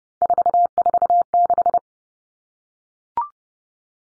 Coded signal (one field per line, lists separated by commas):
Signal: Morse code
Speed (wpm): 30 wpm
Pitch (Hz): 700 Hz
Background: none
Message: 446